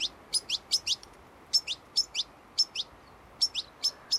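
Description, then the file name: European goldfinch with sharp, high tinkling notes, a quick cluster at the start, then spaced pairs of chirps. "Carduelis carduelis"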